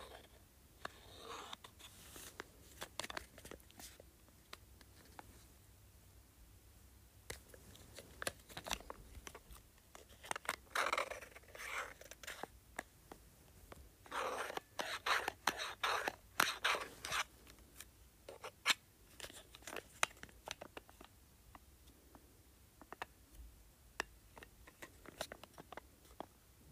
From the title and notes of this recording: ASMR LED Light Remote.